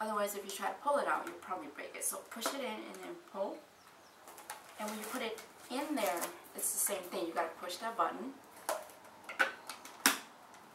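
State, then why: Seated. A detachable LED light panel from a Coleman Quad LED lantern is pushed back into the lantern base while its rectangular release button is held, as someone talks. Several small clicks and knocks come near the end, and a sharp snap at 10.1 s marks the panel seating firmly in the base.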